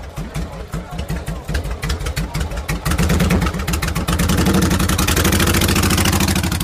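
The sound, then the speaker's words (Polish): A motorcycle engine idles with a steady, low, chugging pulse, then picks up slightly and runs louder and faster in the second half. “No może lepszy motocykl, bo mam malutki Virago 535, a marzy mi się Dragstara 1100.”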